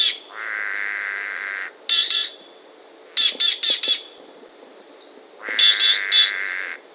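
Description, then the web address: Green jay giving long, buzzy, rasping notes and short bursts of harsh chattering calls, with a few thin whistled notes between them. South America, Andes. "S America Andean Birds. Green Jay (Cyanocorax Yncas)"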